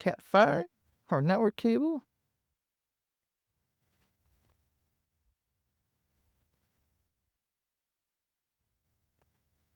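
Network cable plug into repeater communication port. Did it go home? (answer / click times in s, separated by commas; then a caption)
no / none. A network (Cat5) cable plug is being reconnected into the communication port of a Motorola XPR 8400 repeater during a repair for a "no power out" issue. Someone talks for the first two seconds, then the rest is near silence. The plug has not seated or clicked yet.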